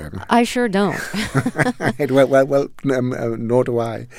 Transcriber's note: soundbite of laughter